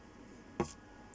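Fingers work under the edge of the plastic top cover of a PlayStation 4 Darth Vader Edition console housing and pry around the sides to pop the hidden plastic retaining clips free. A sharp plastic click lands at 0.6 seconds, followed by a brief tick at 1.1 seconds over a quiet background. The clips release and the cover comes loose.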